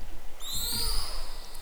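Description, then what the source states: Orca call: a single high, harmonic-rich tone sweeping slowly upward and sustained for over a second, over low rumbling underwater noise. Recorded in March 2014.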